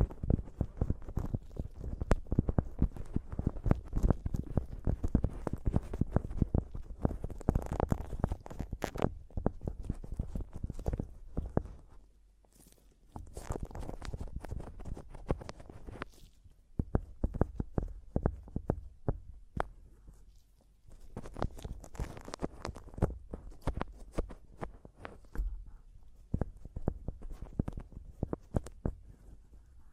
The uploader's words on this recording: ASMR Mic Tapping and Scratching (No Talking).